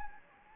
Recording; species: mosquito wingbeat signal from an infrared sensor; Anopheles gambiae